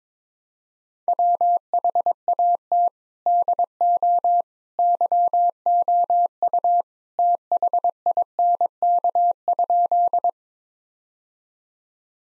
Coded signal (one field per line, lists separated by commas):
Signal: Morse code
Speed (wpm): 22 wpm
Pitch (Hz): 700 Hz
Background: none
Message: WHAT DO YOU THINK?